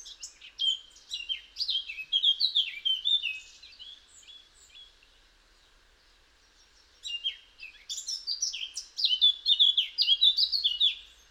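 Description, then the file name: Eurasian blackcap singing two long, hurried warbling phrases of chattering and fluty notes, separated by a quiet pause of a few seconds. "Sylvia atricapilla"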